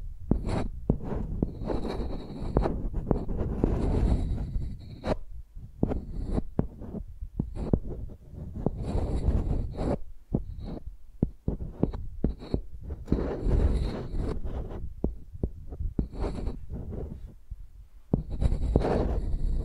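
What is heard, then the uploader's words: Microphones dragged and tapped like pencils make rough scraping strokes and heavy low thumps. The strokes come in dense bursts lasting a second or two, broken by brief silences. A thin high whine flickers in and out alongside the louder passages. Using Mics as Pencils (No Talking).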